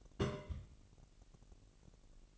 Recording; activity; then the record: daily activity, microphone in the room; place on stove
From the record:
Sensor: 4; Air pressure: 1002.9 hPa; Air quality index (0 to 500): 248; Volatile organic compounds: 12 ppm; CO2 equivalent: 2324 ppm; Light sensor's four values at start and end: 8/19/7/8 and 8/19/7/8